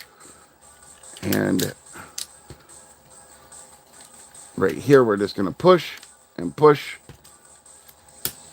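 Someone talks while repeatedly pushing a plastic part of a Mecha Invasion Devastator toy robot figure into the figure body, with soft handling bumps in between. At 8.3 s the part seats into the body with a sharp snap.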